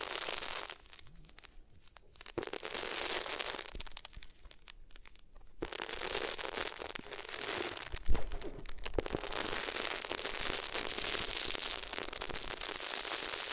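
Rubbing over the ears on different materials makes a dense, bright rustling and scratching. It thins to sparse crackles twice, around 1–2 and 4–5.5 seconds. After about 5.5 seconds the friction becomes steady and loud, with a brief thump near 8 seconds.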